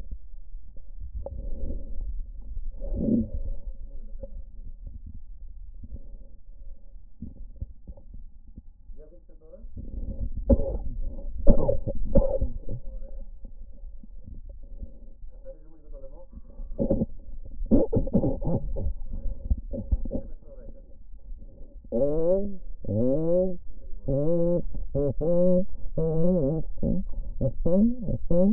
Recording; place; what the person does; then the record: lung sounds by stethoscope; left anterior apical chest; quiet breathing, then cough and speech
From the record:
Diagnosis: COPD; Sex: female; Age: 80 years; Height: 160 cm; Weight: 62 kg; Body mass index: 24.2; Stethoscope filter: diaphragm mode